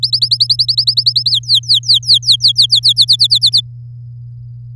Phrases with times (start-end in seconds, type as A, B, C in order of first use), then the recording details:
0.03-1.30 A, 1.31-2.93 B, 2.96-3.61 C. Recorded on 8 May 2018 at 07:46. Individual llb16